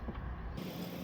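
A marker light plug is handled at its harness connector while the OEM front bumper goes back onto a 3rd-gen Toyota Sequoia during a Victory 4x4 Blitz front bumper install. Only low, steady handling noise with faint creaks is heard, with a brighter, hissier texture from about 0.6 s. Nothing has seated or clicked yet.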